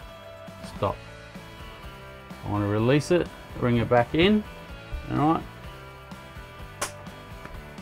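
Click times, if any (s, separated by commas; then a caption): 6.8 s. The awning-style window of an MDC XT15HR offroad caravan is brought back in on its stay arm while someone talks. A sharp click at 6.8 s marks the stay arm locking back into place at its position stop, followed by a faint tick at about 7.5 s.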